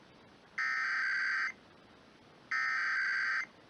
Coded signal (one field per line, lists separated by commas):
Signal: Emergency Alert System (SAME) tones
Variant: header bursts